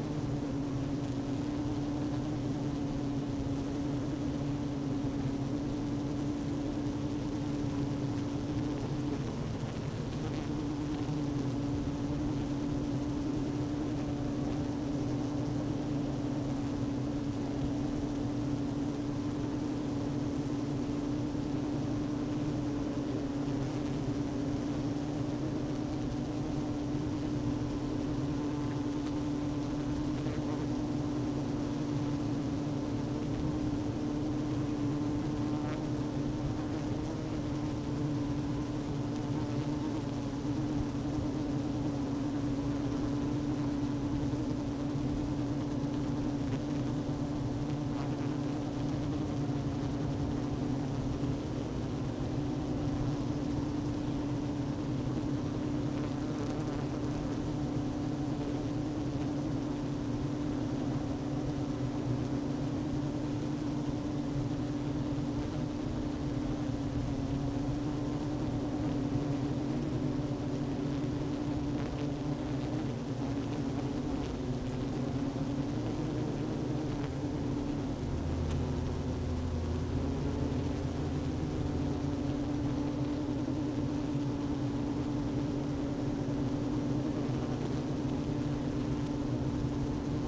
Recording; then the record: honeybee colony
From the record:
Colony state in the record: active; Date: 12 June 2018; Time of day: 11:36